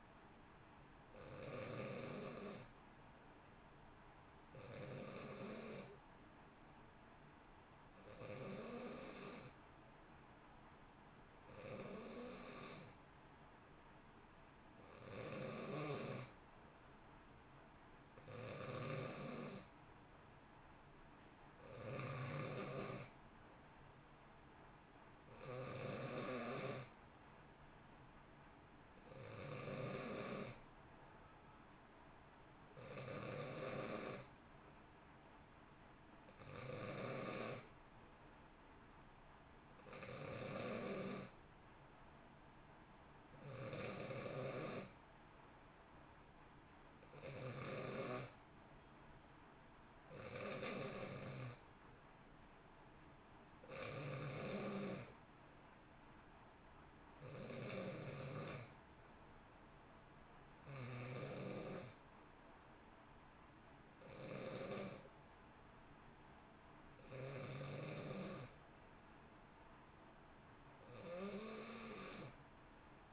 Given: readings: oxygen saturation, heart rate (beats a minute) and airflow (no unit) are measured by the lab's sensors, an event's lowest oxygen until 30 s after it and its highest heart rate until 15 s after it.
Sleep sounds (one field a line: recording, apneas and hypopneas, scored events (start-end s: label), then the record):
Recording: breathing in sleep by a voice recorder at the bedside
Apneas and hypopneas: 1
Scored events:
4.00-20.00 s: hypopnea (N2, oxygen 91% highest, then 88% lowest, heart rate 59 at the start, 63 highest)
From the record:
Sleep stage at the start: N2 (light sleep)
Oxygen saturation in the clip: 88 to 91%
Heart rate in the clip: 58 to 63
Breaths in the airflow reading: 21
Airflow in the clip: -0.9 to 1.1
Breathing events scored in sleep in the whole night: 328 in 6.3 hours asleep